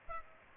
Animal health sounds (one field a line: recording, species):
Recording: mosquito wingbeat signal from an infrared sensor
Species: Aedes aegypti